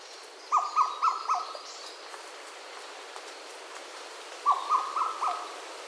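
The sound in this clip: Madagascar cuckoo calling a quick series of several mellow, mid-pitched whistled notes, the phrase heard twice about four seconds apart.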